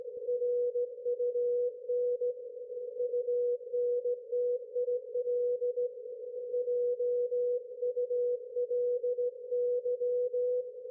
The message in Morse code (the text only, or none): RUN UNTIL JULY